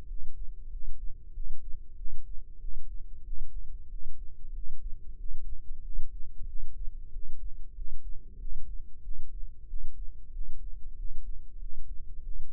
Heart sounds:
heart sounds by microphone in the left ear; 94 bpm
0.06 s: heartbeat
0.68 s: heartbeat
1.32 s: heartbeat
1.95 s: heartbeat
2.58 s: heartbeat
3.23 s: heartbeat
3.88 s: heartbeat
4.51 s: heartbeat
5.16 s: heartbeat
5.80 s: heartbeat
6.45 s: heartbeat
7.10 s: heartbeat
7.73 s: heartbeat
8.37 s: heartbeat
9.01 s: heartbeat
9.66 s: heartbeat
10.30 s: heartbeat
10.95 s: heartbeat
11.58 s: heartbeat
12.21 s: heartbeat
From the record:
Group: healthy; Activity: rest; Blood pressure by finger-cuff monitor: 91/65 mmHg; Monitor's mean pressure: 73 mmHg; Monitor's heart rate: 94 bpm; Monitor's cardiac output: 7.5 L/min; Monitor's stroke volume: 80 mL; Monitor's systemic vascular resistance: 710 dyn s/cm5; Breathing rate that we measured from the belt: 17 breaths a minute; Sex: male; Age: 19 years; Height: 178 cm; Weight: 83 kg

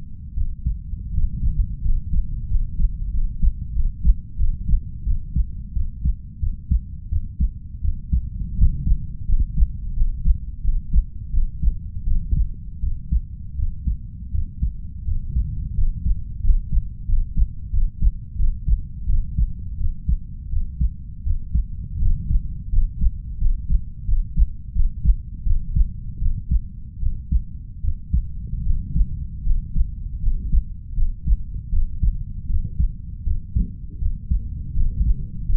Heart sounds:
heart sounds by stethoscope; 84 bpm
0.33 s: heartbeat
1.10 s: heartbeat
1.81 s: heartbeat
2.47 s: heartbeat
3.10 s: heartbeat
3.72 s: heartbeat
4.35 s: heartbeat
5.03 s: heartbeat
5.72 s: heartbeat
6.39 s: heartbeat
7.08 s: heartbeat
7.80 s: heartbeat
8.54 s: heartbeat
9.25 s: heartbeat
9.93 s: heartbeat
10.61 s: heartbeat
11.30 s: heartbeat
12.04 s: heartbeat
12.79 s: heartbeat
13.55 s: heartbeat
14.30 s: heartbeat
15.04 s: heartbeat
15.74 s: heartbeat
16.40 s: heartbeat
17.05 s: heartbeat
17.70 s: heartbeat
18.35 s: heartbeat
19.05 s: heartbeat
19.76 s: heartbeat
20.49 s: heartbeat
21.23 s: heartbeat
21.98 s: heartbeat
22.69 s: heartbeat
23.37 s: heartbeat
24.04 s: heartbeat
24.72 s: heartbeat
25.43 s: heartbeat
26.18 s: heartbeat
26.99 s: heartbeat
27.80 s: heartbeat
28.62 s: heartbeat
29.42 s: heartbeat
30.19 s: heartbeat
30.94 s: heartbeat
31.69 s: heartbeat
32.46 s: heartbeat
33.23 s: heartbeat
33.98 s: heartbeat
34.73 s: heartbeat
35.45 s: heartbeat
From the record:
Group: healthy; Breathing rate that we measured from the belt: 9 breaths a minute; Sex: female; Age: 32 years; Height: 168 cm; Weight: 61.9 kg

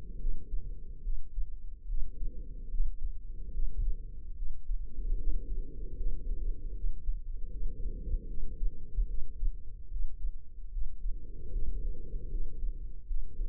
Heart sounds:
heart sounds by microphone in the left ear; 75 bpm
0.18 s: heartbeat
1.02 s: heartbeat
1.86 s: heartbeat
2.69 s: heartbeat
3.51 s: heartbeat
4.34 s: heartbeat
5.16 s: heartbeat
5.95 s: heartbeat
6.73 s: heartbeat
7.49 s: heartbeat
8.26 s: heartbeat
9.06 s: heartbeat
9.88 s: heartbeat
10.69 s: heartbeat
11.50 s: heartbeat
12.29 s: heartbeat
13.05 s: heartbeat
From the record:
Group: healthy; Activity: cold pressor test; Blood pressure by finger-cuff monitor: 124/86 mmHg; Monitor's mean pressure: 100 mmHg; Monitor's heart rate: 75 bpm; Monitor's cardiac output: 5.9 L/min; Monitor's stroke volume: 78 mL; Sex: female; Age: 32 years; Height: 172 cm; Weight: 71.7 kg

